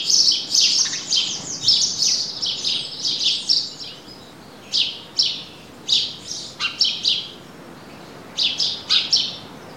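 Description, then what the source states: Birds singing in a lively chorus of high chirps and twitters, dense at first, then separated phrases recurring every second or so. Country ambience.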